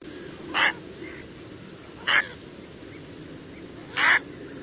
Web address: little egret call